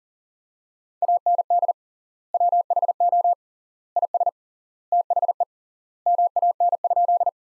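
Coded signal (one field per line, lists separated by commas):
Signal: Morse code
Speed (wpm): 37 wpm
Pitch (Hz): 700 Hz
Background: none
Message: AND WHO IS THE MAN?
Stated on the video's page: Morse practice sentences from the top 200 words at 40 wpm with 3x standard word spacing, a Farnsworth-like method applied to words.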